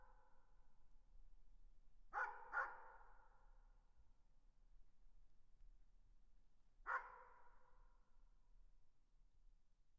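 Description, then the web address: Dog barks: two quick barks close together, then silence for several seconds before one more bark. "tag собаки"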